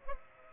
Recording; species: mosquito wingbeat signal from an infrared sensor; Culex pipiens